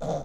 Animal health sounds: pig call; piglet (1 to 25 days)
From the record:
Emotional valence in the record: negative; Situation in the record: long isolation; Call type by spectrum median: low-frequency call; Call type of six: low-frequency stable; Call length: 0.24 s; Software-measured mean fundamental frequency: 56 Hz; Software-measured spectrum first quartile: 205 Hz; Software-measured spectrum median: 499 Hz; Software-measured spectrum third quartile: 694 Hz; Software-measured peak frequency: 600 Hz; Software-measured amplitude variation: 85 dB a second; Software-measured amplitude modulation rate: 20.7 a second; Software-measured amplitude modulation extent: 4.1 dB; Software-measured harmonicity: 3.0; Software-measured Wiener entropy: -0.57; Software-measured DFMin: 1099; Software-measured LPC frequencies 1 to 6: 628, 3501, 4841, 5755, 6259, 6900 Hz

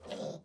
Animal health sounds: pig call; piglet (1 to 25 days)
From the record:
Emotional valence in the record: negative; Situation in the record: restrain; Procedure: back test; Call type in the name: low-frequency call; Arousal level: medium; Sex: female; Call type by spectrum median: low-frequency call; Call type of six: low-frequency modulated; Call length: 0.45 s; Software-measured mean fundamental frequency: 70 Hz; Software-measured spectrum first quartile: 437 Hz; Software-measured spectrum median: 653 Hz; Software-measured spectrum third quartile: 2345 Hz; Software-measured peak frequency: 524 Hz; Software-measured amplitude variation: 157 dB a second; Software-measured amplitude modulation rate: 21.1 a second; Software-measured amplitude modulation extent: 7.4 dB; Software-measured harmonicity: 2.2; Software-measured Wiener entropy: -2.74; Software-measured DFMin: 785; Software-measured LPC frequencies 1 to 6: 569, 1602, 3241, 3837, 4969, 5800 Hz

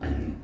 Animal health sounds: pig call; growing-finishing pig (85 days or more)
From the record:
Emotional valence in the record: negative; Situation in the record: barren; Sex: female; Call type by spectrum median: low-frequency call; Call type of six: low-frequency stable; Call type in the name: low-frequency stable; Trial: 1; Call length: 0.44 s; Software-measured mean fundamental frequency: 53 Hz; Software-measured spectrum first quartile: 80 Hz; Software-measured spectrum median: 195 Hz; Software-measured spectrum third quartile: 392 Hz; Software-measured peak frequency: 82 Hz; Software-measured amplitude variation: 162 dB a second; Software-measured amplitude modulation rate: 25.2 a second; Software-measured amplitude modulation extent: 6.4 dB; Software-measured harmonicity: -1.8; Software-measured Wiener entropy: -0.32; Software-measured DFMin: 1203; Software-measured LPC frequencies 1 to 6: 1713, 2909, 3884, 4586, 5749, 6788 Hz

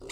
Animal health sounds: pig call; weaner (32 to 43 days)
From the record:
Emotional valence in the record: negative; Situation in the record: novel object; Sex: female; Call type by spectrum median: low-frequency call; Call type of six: mixed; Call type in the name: high-frequency modulated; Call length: 0.12 s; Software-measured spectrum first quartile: 479 Hz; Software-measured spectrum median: 2043 Hz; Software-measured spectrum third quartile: 4682 Hz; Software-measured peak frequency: 390 Hz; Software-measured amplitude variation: 121 dB a second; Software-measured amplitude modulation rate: 17.2 a second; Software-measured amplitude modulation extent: 7.1 dB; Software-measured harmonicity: 2.0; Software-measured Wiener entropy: -3.77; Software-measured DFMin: 839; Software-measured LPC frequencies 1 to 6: 424, 1225, 2170, 2744, 3745, 4857 Hz

